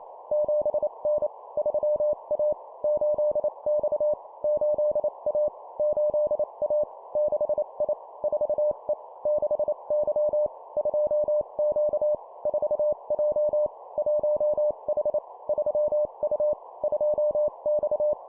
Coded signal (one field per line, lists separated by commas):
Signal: Morse code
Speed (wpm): 28 wpm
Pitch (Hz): 600 Hz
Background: none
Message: 7N 3A 8X 8A 8A 6I 4E 6Y 2Q 4J 1H 3U 2X